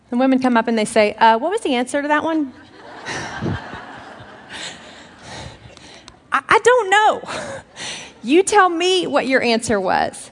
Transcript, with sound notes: Some women come up and they say, "Ummmm, what is the answer to that one?" (laughter) I don't know. You tell me what your answer was.